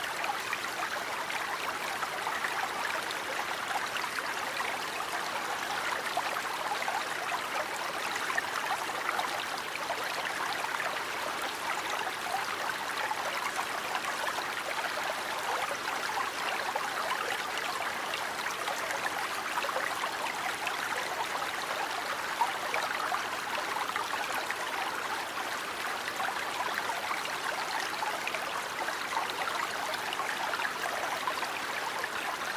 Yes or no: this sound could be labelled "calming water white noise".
yes